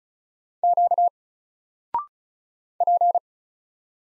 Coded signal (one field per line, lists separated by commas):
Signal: Morse code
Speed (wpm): 36 wpm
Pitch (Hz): 700 Hz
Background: none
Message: Q P